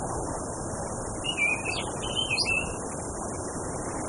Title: Anis Kembang. Suara Burung Anis Merah + Hembusan Angin Untuk Terapi